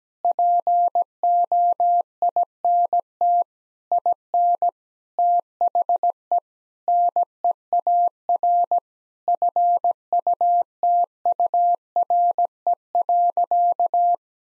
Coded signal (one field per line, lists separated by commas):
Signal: Morse code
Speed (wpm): 17 wpm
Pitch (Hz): 700 Hz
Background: none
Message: POINT IN THE NEAR FUTURE.